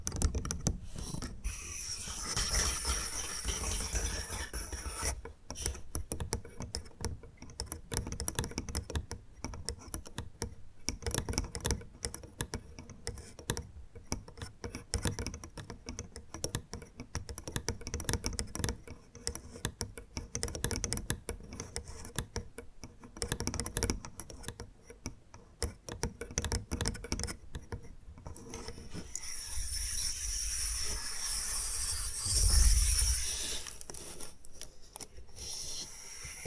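Bamboo is tapped, scratched and brushed in quick, dense clicking bursts for about thirty seconds, then gives way to a softer, hissing brushing sound.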